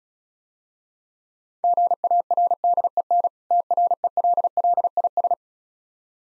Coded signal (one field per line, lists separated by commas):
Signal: Morse code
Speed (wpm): 36 wpm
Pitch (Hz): 700 Hz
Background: none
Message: GARDEN TRELLIS